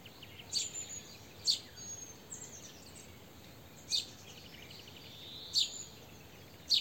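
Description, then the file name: House sparrow calling with single bright chirps spaced a second or more apart, faint thin whistles between them, and a constant high hiss underneath. "Passer domesticus"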